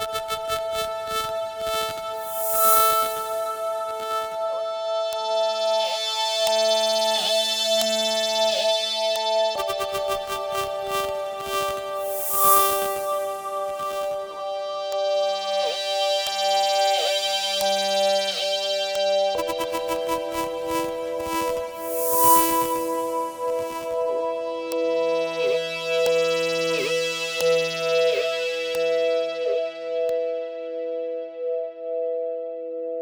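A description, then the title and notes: A synthetic ambient sonar texture built from steady sustained tones that shift to a new chord about every ten seconds. Bright shimmering pings and sweeping high swells rise and fade within each section, while soft low blips drift underneath at a constant loudness. FX Ambient Sonar [sample] by Max Che.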